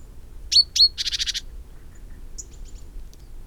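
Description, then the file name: Great tit call: two sharp high notes, then a rapid rasping churr of about six buzzy pulses, followed by fainter high chirps. "Parus major"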